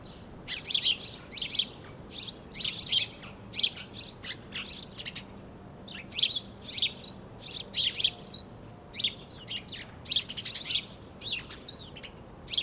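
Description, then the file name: House sparrow chirping, a busy series of harsh, high chirps in quick bursts, continuing throughout. "Passer domesticus"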